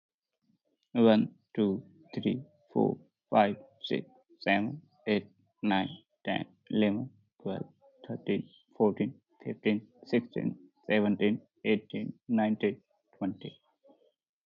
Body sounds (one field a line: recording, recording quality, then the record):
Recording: counting at a normal pace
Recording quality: moderate, slight background noise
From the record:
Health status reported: healthy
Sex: male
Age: 25 years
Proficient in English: yes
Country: India